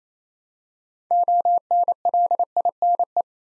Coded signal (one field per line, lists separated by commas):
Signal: Morse code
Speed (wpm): 28 wpm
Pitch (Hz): 700 Hz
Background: none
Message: ONLINE